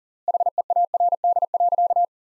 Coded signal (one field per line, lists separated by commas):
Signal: Morse code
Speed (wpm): 40 wpm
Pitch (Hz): 700 Hz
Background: none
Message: HEARD.